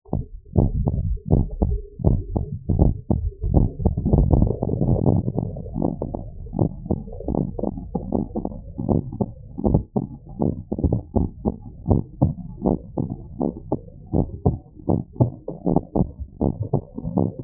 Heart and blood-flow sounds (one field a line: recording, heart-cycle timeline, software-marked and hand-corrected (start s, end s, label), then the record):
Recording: heart sounds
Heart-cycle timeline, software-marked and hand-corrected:
0.00	0.14	systole
0.14	0.24	S2
0.24	0.56	diastole
0.56	0.70	S1
0.70	0.88	systole
0.88	1.02	S2
1.02	1.32	diastole
1.32	1.48	S1
1.48	1.66	systole
1.66	1.80	S2
1.80	2.06	diastole
2.06	2.20	S1
2.20	2.34	systole
2.34	2.46	S2
2.46	2.74	diastole
2.74	2.92	S1
2.92	3.10	systole
3.10	3.24	S2
3.24	3.50	diastole
3.50	3.68	S1
3.68	3.78	systole
3.78	3.82	S2
3.82	4.08	diastole
4.08	4.26	S1
4.26	4.38	systole
4.38	4.52	S2
4.52	4.82	diastole
4.82	5.00	S1
5.00	5.26	systole
5.26	5.38	S2
5.38	5.76	diastole
5.76	5.90	S1
5.90	6.12	systole
6.12	6.22	S2
6.22	6.58	diastole
6.58	6.70	S1
6.70	6.92	systole
6.92	7.02	S2
7.02	7.34	diastole
7.34	7.46	S1
7.46	7.68	systole
7.68	7.78	S2
7.78	8.12	diastole
8.12	8.24	S1
8.24	8.44	systole
8.44	8.54	S2
8.54	8.88	diastole
8.88	9.02	S1
9.02	9.22	systole
9.22	9.32	S2
9.32	9.66	diastole
9.66	9.82	S1
9.82	10.02	systole
10.02	10.10	S2
10.10	10.42	diastole
10.42	10.56	S1
10.56	10.80	systole
10.80	10.94	S2
10.94	11.20	diastole
11.20	11.30	S1
11.30	11.46	systole
11.46	11.54	S2
11.54	11.88	diastole
11.88	12.02	S1
12.02	12.20	systole
12.20	12.34	S2
12.34	12.66	diastole
12.66	12.78	S1
12.78	12.98	systole
12.98	13.08	S2
13.08	13.40	diastole
13.40	13.52	S1
13.52	13.70	systole
13.70	13.80	S2
13.80	14.14	diastole
14.14	14.26	S1
14.26	14.46	systole
14.46	14.58	S2
14.58	14.90	diastole
14.90	15.02	S1
15.02	15.20	systole
15.20	15.32	S2
15.32	15.66	diastole
15.66	15.76	S1
15.76	15.96	systole
15.96	16.08	S2
16.08	16.42	diastole
16.42	16.54	S1
16.54	16.72	systole
16.72	16.82	S2
16.82	17.14	diastole
17.14	17.28	S1
17.28	17.44	systole
From the record:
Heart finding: normal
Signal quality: good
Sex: male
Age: 62 years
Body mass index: 24.2